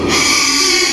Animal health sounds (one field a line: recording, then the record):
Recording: squeal of a Yucatan mini pig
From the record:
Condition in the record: after surgery on the right vocal fold (resection and tissue-engineered implant)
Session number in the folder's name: 2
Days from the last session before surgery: 13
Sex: male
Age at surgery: 12 weeks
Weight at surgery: 13 kg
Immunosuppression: cyclosporine, prednisolone